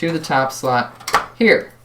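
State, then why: Not seated. A small expansion card is slid by hand toward the top PCIe slot on a motherboard while someone talks over faint handling sounds. The card has not seated or clicked into the slot yet.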